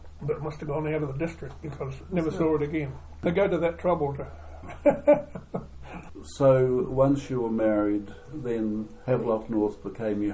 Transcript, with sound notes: But it must have gone out of the district because – never saw it again. They go to that trouble to… [Chuckle] So once you were married then Havelock North became your home.